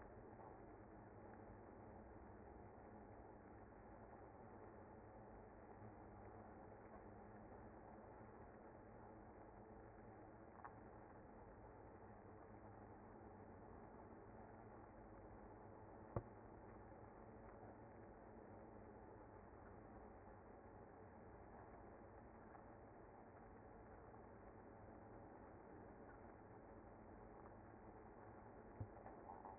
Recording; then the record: honeybee colony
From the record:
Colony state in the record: active